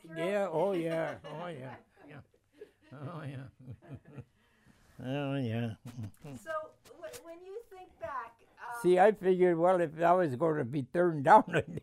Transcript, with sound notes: Yeah, oh, yeah. Oh, yeah. Ohhhhhh, yeah. (laughing) Oh, yeah.
So, w-when you think back...
See I figured that I was going to be turned down.